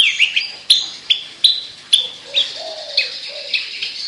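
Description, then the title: Javan bush lark giving high sharp chirps at short intervals, with a few soft lower notes in the middle. Local name branjangan; described as gacor, meaning singing vigorously; bird or song style called Petir. "Branjangan Gacor Petir 1"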